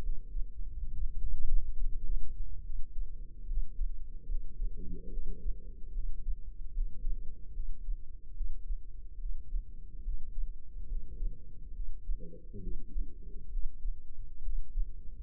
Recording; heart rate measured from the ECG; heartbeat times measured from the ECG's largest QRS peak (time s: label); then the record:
heart sounds by microphone in the left ear; 71 bpm
0.00 s: heartbeat
0.89 s: heartbeat
1.75 s: heartbeat
2.61 s: heartbeat
3.44 s: heartbeat
4.26 s: heartbeat
5.09 s: heartbeat
5.92 s: heartbeat
6.71 s: heartbeat
7.51 s: heartbeat
8.32 s: heartbeat
9.17 s: heartbeat
10.02 s: heartbeat
10.86 s: heartbeat
11.72 s: heartbeat
12.58 s: heartbeat
13.48 s: heartbeat
14.41 s: heartbeat
From the record:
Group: healthy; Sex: female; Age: 32 years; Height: 172 cm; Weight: 71.7 kg